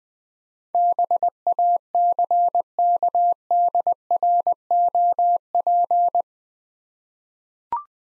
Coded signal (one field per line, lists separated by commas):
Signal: Morse code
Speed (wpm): 20 wpm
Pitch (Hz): 700 Hz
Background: none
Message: BACKDROP